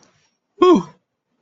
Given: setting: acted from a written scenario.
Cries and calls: vocal sound without words; relief

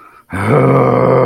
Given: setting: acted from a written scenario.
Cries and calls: vocal sound without words; contempt

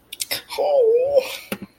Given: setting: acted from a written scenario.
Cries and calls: vocal sound without words; positive surprise

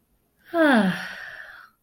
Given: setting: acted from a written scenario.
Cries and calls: vocal sound without words; contentment

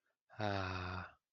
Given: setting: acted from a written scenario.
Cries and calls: vocal sound without words; sympathy

